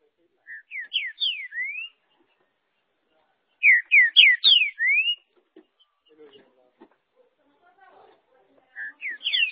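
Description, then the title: Green-winged saltator singing loud phrases of four or five slurred whistles, the last note rising, repeated about every three to five seconds, with faint clicks between. "Trinca Ferro"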